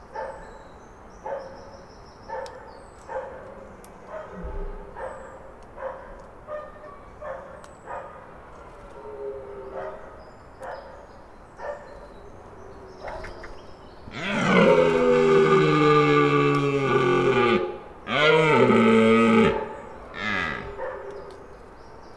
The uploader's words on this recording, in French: BRAME DANS LE JARDIN. Gîte des Fourquets - Serres sur Arget - Ariège - Nagra LB - Cardioïde mkh40. Voici le résultat du passage d'un cerf au petit matin à une vingtaine de mètres de la fenêtre. Entendre bramer les cerfs dans les jardins (non clots) autour du gîte.